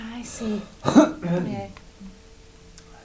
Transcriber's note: coughs